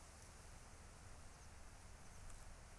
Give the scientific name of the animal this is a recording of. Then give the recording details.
Cyanistes caeruleus. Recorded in Germany. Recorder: ecoPi